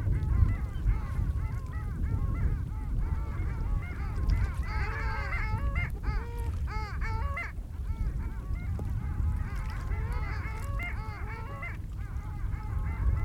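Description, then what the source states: Long-tailed duck flock in a steady chorus of musical, up-and-down yodeling calls, with constant low-pitched background rumble. Flock calling at Barnegat Inlet on the Jersey Shore, New Jersey, 27 February 2022 around 09:57; one of the most distinctive voices of any bird.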